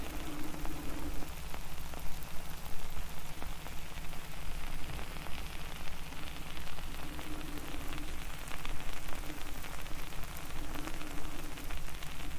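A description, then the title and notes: A mince pie heats up with a dense, steady sizzle and a constant hiss, peppered with quick small pops and crackles throughout. A low hum runs underneath, and a faint higher drone comes and goes three times during the clip. ASMR: Binaural Soft-Crackling Sounds - Crackling, Sizzling, Hissing, Popping Sounds. I was heating up a mince pie a few nights ago and then though the sounds it made once heated were very ASMR-y!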